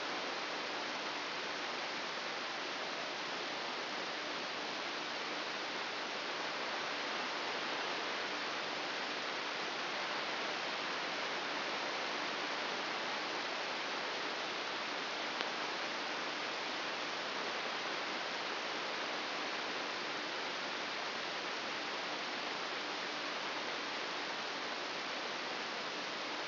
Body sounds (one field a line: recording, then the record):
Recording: brain microelectrode recording played as sound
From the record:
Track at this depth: inside the subthalamic nucleus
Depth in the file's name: 4.002 mm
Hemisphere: right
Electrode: 2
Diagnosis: Parkinson's disease